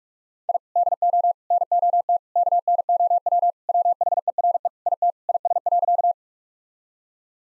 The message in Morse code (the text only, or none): I DO NOT KNOW WHERE IT IS.